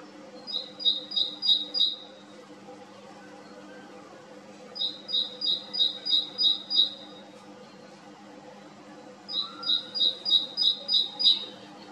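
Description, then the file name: Great tit giving three bouts of rhythmic, repeated two-note phrases, each bout about two seconds long, over a steady low hum. "Mésange-charbonnière"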